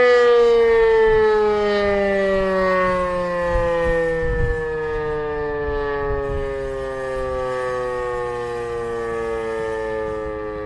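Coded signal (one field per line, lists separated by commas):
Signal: siren signal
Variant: E57 mechanical siren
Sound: loud mechanical siren howl with a steadily falling pitch as it winds down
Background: outdoor ambience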